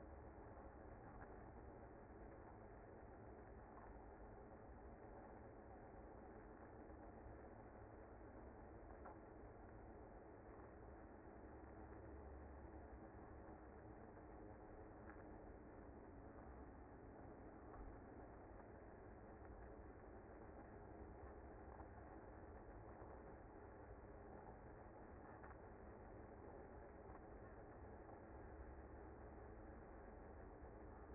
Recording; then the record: honeybee colony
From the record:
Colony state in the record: active